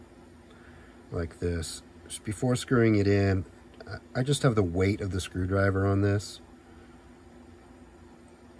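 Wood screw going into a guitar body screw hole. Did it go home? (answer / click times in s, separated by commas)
no / none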